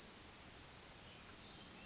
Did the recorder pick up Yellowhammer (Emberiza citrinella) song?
no